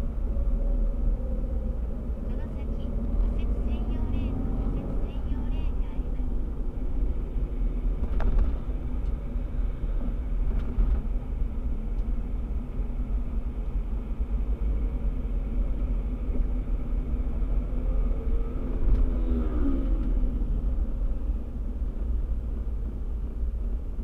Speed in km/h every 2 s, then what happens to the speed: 36, 36, 37, 37, 36, 34, 32, 34, 37, 38, 33, 28.
0-13 steady at about 36. 13-18 speeds up to 38. 18-24 slows to 28.